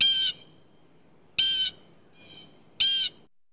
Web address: bird blue jay calls animal